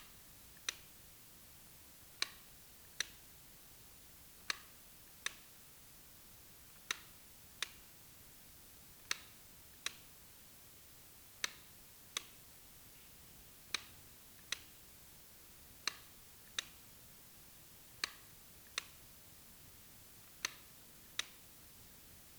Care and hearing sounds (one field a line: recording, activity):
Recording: daily activity, guitar pickup as the sensor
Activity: operate light